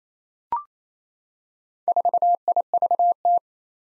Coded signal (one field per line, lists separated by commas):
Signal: Morse code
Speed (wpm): 28 wpm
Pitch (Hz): 700 Hz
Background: none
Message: 4IVT